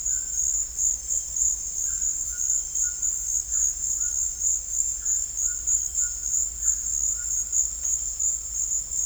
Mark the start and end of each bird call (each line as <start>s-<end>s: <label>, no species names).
0.00s-0.54s: bird call
1.83s-7.62s: bird call